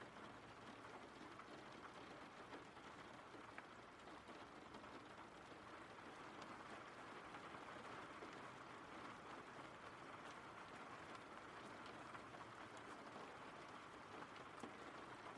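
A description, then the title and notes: Rain falls in a steady, dense wash throughout, with a faint low rumble underneath and occasional brighter drop taps scattered across the fifteen seconds. RAIN SOUNDS.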